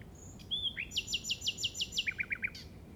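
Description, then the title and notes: Common nightingale phrase: a rising whistle, then a run of evenly spaced loud chirps, closing with four quick lower notes. Llobregat Delta, recorded at 06:00 on 8 May 2015 with a Zoom recorder. "Grabación de ruiseñor común (Luscinia megarhynchos) en el Delta del Llobregat a las 06:00 del 08/05/2015."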